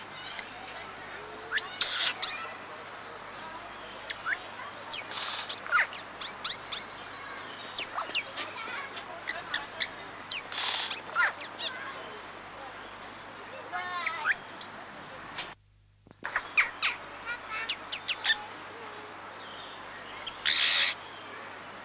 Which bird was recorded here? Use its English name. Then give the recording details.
Amazonian Motmot. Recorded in captivity. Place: Tiergarten Wilhelma/Stuttgart, Baden-Württemberg, DE. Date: 2004-10-03 15:15. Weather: bedeckt - heiter, 17°C. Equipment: Sony WM-D6C, Sennheiser ME 80, Kopie Uher 4000 Report Monitor. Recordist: Tembrock, Günter